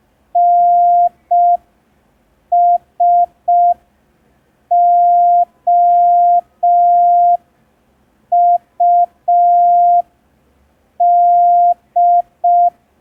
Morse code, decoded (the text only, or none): NSOUD